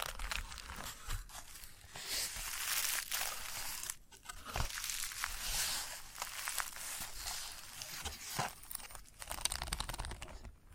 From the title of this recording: Chalk Sounds Tapping, Scratching, Carving